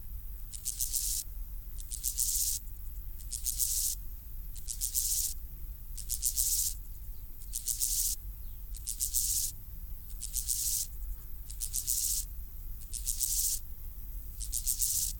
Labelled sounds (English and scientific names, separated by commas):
Steppe Grasshopper (Chorthippus dorsatus) stridulation